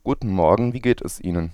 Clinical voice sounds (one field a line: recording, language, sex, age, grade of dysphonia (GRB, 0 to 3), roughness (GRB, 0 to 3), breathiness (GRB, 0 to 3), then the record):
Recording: spoken sentence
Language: German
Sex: male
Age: 20 to 29 years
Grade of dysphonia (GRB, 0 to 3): 1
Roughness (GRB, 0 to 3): 1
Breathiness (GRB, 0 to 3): 1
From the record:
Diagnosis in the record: healthy voice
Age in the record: 25 years